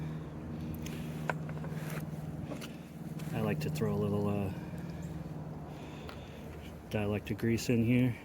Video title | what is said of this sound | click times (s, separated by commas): Solar MC4 Connectors Install | these have little locking tabs just push it in until it clicks | 1.3 s